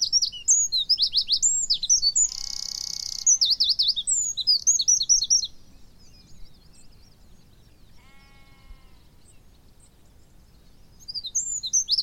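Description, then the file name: Eurasian wren singing a shrill, rapid strophe of trills with a dense buzzy section for about five seconds, a separate harmonic call around eight seconds, then the song starts again. "Troglodytes troglodytes"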